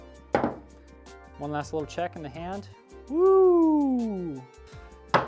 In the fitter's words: I just want to hear it click